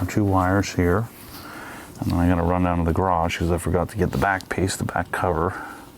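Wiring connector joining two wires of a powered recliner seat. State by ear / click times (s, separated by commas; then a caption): not seated / none. A wiring connector joining two wires of a powered recliner theater seat (Valencia Oslo) is being handled, but it has not snapped into place yet. Throughout the clip someone talks. Nothing seats or clicks.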